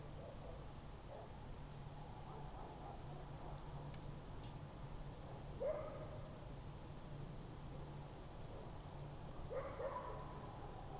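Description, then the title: A steady high cricket chorus pulses quickly and evenly throughout, with a couple of faint lower warbles in the background. Night crickets heard through a window in Goworów, Poland, late evening of 18 July 2022, World Listening Day; recorded with Zoom F4 and AT BP4025. "Goworów 6, 57-515, Poland - World Listening Day/Night 18/07/2022-night crickets"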